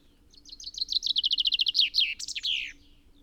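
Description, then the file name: Common chaffinch song: a rapid run of high chipping notes that drops slightly in pitch, ending in a brief flourish, about two and a half seconds long. "Fringilla coelebs"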